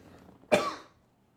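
A single abrupt, fairly loud cough from an adult man, lasting under half a second, with a sharp onset and a quickly fading tail, heard in a quiet room. It is a lingering cough left over from a recent head cold or flu; he tested negative for COVID.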